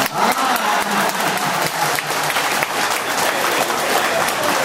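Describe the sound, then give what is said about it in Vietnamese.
A steady burst of applause from an audience, dense overlapping claps sustained at an even, fairly loud level for several seconds with no speech over it. “Kính thưa quý vị, cũng như sư phụ dạy hay mình vỗ tay lắm chứ.”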